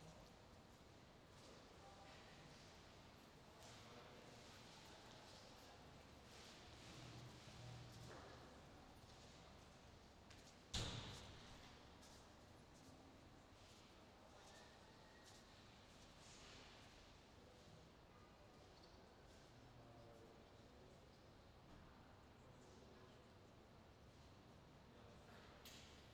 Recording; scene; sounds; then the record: everyday scene through a hearing-aid microphone; reverberant space; background noise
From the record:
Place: railway station hall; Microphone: in the ear canal, left